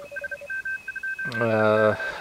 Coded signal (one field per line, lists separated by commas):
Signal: Morse code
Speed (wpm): 31 wpm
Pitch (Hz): 1550 Hz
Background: speech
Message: SM2EK